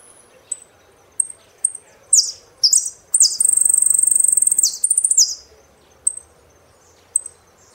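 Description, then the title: Saffron finch song: spaced high chirps before and after a loud passage of descending slurs and a rapid trill. "Jilguero Argentino"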